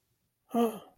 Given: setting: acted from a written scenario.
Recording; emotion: vocal sound without words; fear